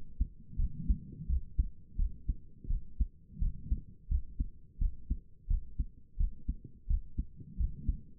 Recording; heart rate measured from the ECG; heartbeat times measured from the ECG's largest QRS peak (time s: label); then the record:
heart sounds by stethoscope; 86 bpm
0.57 s: heartbeat
1.28 s: heartbeat
1.97 s: heartbeat
2.68 s: heartbeat
3.40 s: heartbeat
4.09 s: heartbeat
4.79 s: heartbeat
5.48 s: heartbeat
6.18 s: heartbeat
6.88 s: heartbeat
7.57 s: heartbeat
From the record:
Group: healthy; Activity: rest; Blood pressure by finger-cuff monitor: 93/58 mmHg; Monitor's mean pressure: 71 mmHg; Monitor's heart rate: 86 bpm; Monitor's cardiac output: 7.1 L/min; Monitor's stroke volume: 82 mL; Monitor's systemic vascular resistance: 730 dyn s/cm5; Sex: female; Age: 22 years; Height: 163 cm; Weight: 67.1 kg